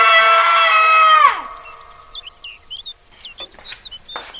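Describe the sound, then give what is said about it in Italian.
A man lets out a loud, sustained, high-pitched scream of terror for over a second as he jumps back, trips and falls on his back, before it breaks off in a sharp downward slide, leaving faint bird chirps behind. “fece un urlo infernale, saltò indietro, inciampò e finì di schiena a terra urlando.”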